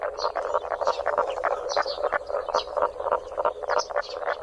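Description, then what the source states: Common spadefoot giving soft, rapid grunting croaks in an uneven series. Grunting calls, also given underwater; mating takes place underwater at night.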